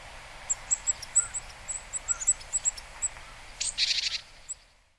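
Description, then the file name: Japanese tit giving thin, high scattered notes, then a short harsh buzzy burst of rapid pulses near the end; faint background hiss throughout. Recorded in Kaji, Hyogo, Japan, on August 3. "sijuukara 0803 hyogo kaji"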